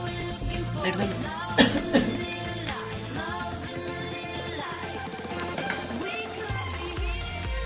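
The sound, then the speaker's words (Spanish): A person with a cough and a dry throat gives two quick, harsh coughs one after the other, standing out sharply over a steady, tonal background that continues throughout. “Ay, disculpen, traigo una tos y una resequedad en la garganta.”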